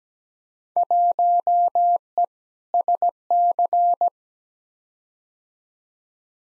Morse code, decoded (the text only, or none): 1E SC